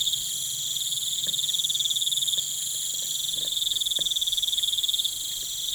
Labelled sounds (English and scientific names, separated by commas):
none